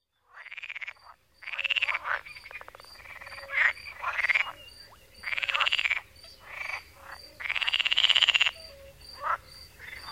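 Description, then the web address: Pool frog croaking: bursts of rapid, rattling pulses, some about a second long, others short, following one another with little pause between them. "Fotoim Hangok Pelophylax lessonae"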